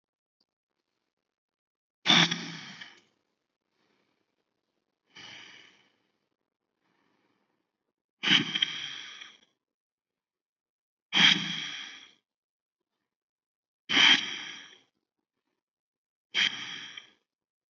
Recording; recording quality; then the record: deep breathing; excellent, no background noise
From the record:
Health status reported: healthy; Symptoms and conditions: none ticked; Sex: male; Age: 37 years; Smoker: not ticked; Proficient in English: yes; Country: India